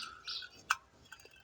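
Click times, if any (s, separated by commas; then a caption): none. A rice cooker's internal coil and thermostat assembly, held by metal tabs, is fitted into the cooker body without the tabs being bent first. Short handling noises follow, with a sharp tap at 0.7 s and a softer one at 1.1 s. The part does not lock and will simply drop out, so nothing has seated or clicked.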